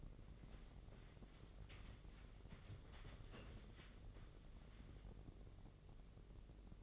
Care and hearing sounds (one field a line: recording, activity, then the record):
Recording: daily activity, microphone in the room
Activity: wipe stove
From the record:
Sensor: 4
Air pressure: 1013.2 hPa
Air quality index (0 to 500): 177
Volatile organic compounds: 2 ppm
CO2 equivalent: 1115 ppm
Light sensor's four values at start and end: 98/247/102/108 and 98/246/102/107